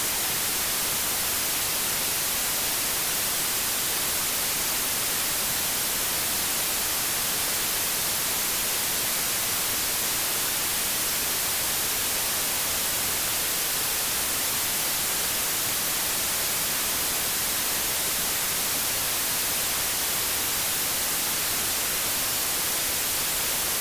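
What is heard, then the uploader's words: White noise holds a perfectly steady hiss from start to finish, dense and even with no breaks or events. It leans bright and airy, with a softer, rougher rumble underneath, and its level never changes across the clip. Deep White Noise for Sleep.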